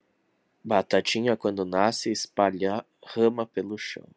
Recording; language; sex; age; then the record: short text; Brazilian Portuguese; male; 20 to 29 years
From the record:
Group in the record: control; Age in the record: 26 years